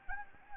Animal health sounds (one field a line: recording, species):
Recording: mosquito wingbeat signal from an infrared sensor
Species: Anopheles gambiae